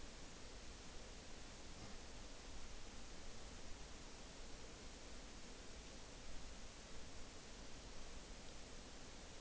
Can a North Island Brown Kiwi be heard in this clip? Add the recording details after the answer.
no. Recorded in New Zealand on 5 June 2013. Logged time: 02:19